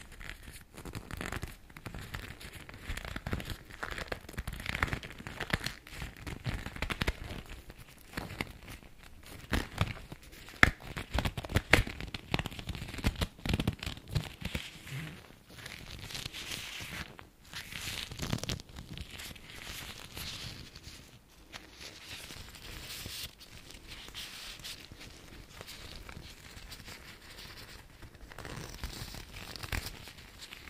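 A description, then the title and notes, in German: Two different gloves being handled, giving dense, irregular rustling and crinkling in uneven bursts throughout, with brief quieter pauses around 17 and 21 seconds. ASMR Handschuh Sounds. 2 verschiedene Handschuhe.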